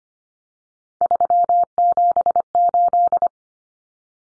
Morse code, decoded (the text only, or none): 378